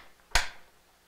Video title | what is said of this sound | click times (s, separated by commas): LRC-LAZY CHICKEN PREP 1/19/19 | so you want to close it up like this push it down till it clicks | 0.3 s